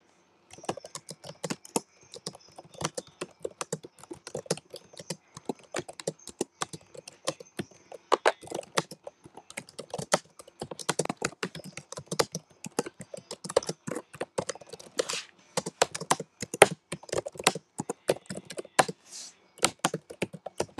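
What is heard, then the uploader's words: Fingers type steadily on a laptop keyboard, a dense run of quick, crisp key clicks for the whole stretch. The rhythm is uneven, with short bursts and brief pauses, and a few heavier, louder keystrokes stand out, likely the space bar. Dry. Typing on a laptop.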